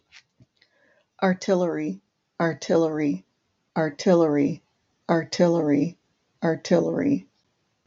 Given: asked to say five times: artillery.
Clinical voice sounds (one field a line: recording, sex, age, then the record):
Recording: repeated word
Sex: female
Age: 50 to 59 years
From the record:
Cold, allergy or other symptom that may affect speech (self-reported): no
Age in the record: 56 years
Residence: Ohio, United States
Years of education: 13